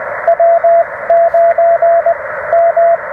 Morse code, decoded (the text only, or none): W9 M